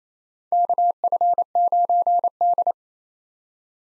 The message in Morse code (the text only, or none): KF9D